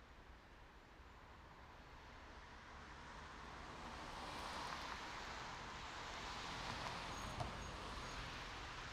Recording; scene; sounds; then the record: everyday scene through a hearing-aid microphone; in traffic; traffic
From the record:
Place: main road on the outskirts, rush hour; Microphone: in the ear canal, right